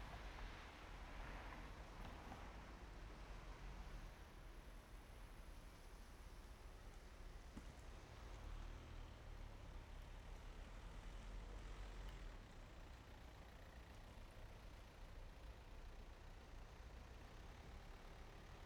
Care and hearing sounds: everyday scene through a hearing-aid microphone; in traffic; traffic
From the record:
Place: main road on the outskirts, rush hour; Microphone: behind the ear, right, front

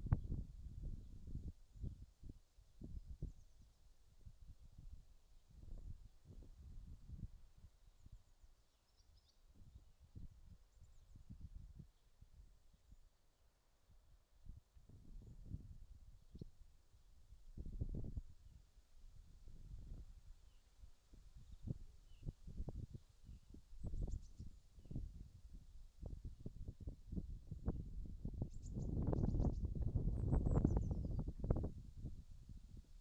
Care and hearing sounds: everyday scene through a hearing-aid microphone; wind on the microphone; wind, birds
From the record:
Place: in front of a rural house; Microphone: in the ear canal, left

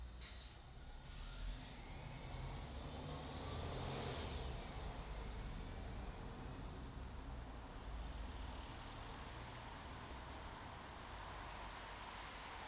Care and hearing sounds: everyday scene through a hearing-aid microphone; in traffic; traffic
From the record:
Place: bus stop on a city main road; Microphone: in the ear canal, right

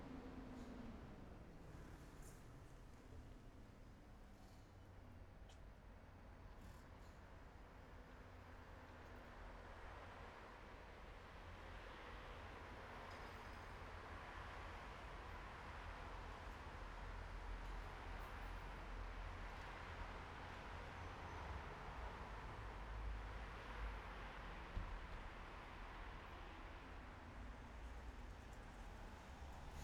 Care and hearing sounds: everyday scene through a hearing-aid microphone; in traffic; traffic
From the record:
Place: bus stop on a city main road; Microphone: behind the ear, right, front

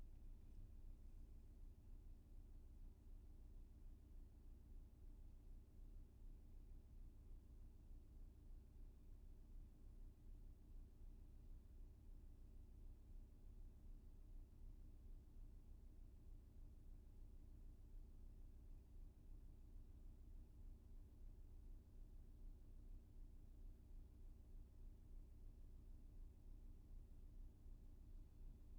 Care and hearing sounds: everyday scene through a hearing-aid microphone; in a vehicle; engine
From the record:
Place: VW T5 Caravelle, diesel engine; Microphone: behind the ear, left, front

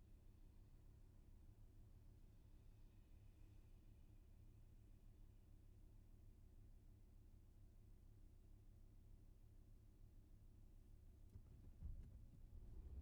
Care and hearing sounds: everyday scene through a hearing-aid microphone; in a vehicle; engine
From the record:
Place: VW T5 Caravelle, diesel engine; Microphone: behind the ear, left, front

